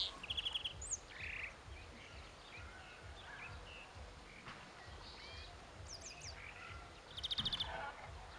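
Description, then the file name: European greenfinch calls as quick buzzy trills near the start and again near the end, with scattered fainter chirps and low background rumble between. "Chloris chloris"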